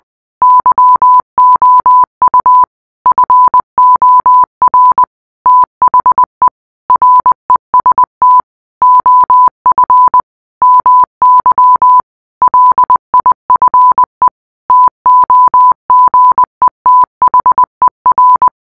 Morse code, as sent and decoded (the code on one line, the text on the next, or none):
-.-- --- ..- / ..-. --- .-. / - .... . / .-. . ... - / --- ..-. / -- -.-- / .-.. .. ..-. . / - --- --. . - .... . .-.
YOU FOR THE REST OF MY LIFE TOGETHER